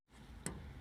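A spring-loaded retaining tab is pressed down with a pick or screwdriver to free the old door lock cylinder from the door of a 1988–1994 Chevy pickup truck. Against a steady low background hum, a single short, sharp tick sounds at 0.5 s as the tab releases the lock cylinder.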